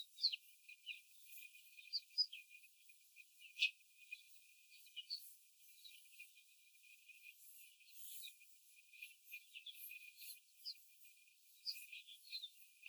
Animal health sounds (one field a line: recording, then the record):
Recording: young laying hens in a cage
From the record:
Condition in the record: before the stressor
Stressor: simulated dog barking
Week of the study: 4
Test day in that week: 1